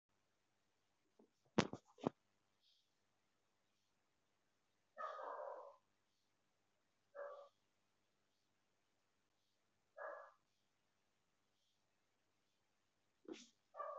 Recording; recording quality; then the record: shallow breathing; moderate, slight background noise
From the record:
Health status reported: healthy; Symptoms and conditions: none ticked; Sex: female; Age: 27 years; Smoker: not ticked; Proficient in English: yes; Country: India